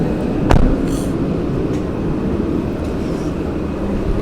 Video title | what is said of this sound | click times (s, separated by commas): 777 pre trip | Pull that towards you, you hear it pop up. | 0.5 s